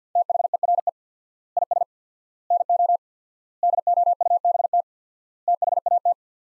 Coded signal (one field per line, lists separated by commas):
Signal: Morse code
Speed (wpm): 50 wpm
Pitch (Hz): 700 Hz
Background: none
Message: THERE IS NO DOUBT THAT